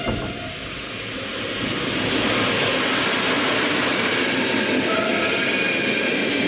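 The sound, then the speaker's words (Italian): A train carrying a flag and a brazier rumbles past with a steady, dense roar of wheels and rattling cars that swells slightly after the start and then holds loud and constant, with no voices. “Sul treno che avete visto prima c'era solamente la bandiera che ha avvolto e il braciere.”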